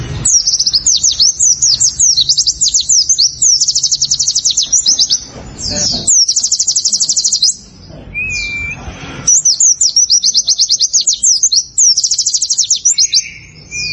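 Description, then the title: Prinia singing long bursts of fast, high repeated notes in rattling trills, with a short flat whistle between phrases. "Ciblek Sawah"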